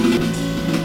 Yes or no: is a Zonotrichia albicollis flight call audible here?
no